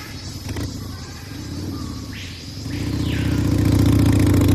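A Harley motorcycle engine runs with a steady low rumble while riding through the jungle, briefly revving with a rising whine midway, then swelling louder and throatier through the final seconds. No one speaks.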